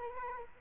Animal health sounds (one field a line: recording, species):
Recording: mosquito wingbeat signal from an infrared sensor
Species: Culex quinquefasciatus